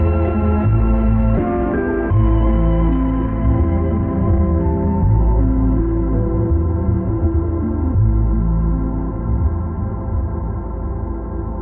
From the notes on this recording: some random experiments with noise